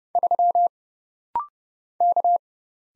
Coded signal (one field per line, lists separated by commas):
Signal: Morse code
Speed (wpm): 30 wpm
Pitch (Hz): 700 Hz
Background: none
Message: 3 K